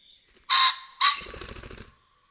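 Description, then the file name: Common pheasant crowing: two loud, harsh, abrupt notes about half a second apart, the second followed by a rapid low whirring of wingbeats. "BAZANT"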